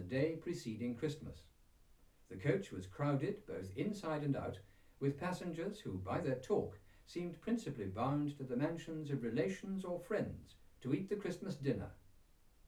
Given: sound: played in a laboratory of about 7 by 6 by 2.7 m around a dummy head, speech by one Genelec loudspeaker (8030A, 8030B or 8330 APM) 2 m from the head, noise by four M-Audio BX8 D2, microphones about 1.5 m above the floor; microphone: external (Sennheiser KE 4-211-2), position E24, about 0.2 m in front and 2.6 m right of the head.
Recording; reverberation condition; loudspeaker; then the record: male speech in English; low; 90 degrees to the left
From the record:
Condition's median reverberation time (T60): about 310 ms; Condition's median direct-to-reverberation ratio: about 3.5 dB